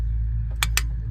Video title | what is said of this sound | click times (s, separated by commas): Amazon Torque Wrench Set Unboxing & Review 🔧 Is This the Best Budget Torque Wrench Kit? | that's the click, guys. | 0.6 s, 0.8 s